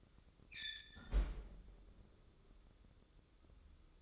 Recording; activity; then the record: daily activity, microphone in the room; close fridge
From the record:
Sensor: 3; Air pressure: 995.3 hPa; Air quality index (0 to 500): 77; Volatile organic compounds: 5 ppm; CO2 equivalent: 1810 ppm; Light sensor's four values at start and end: 19/55/23/20 and 19/55/23/20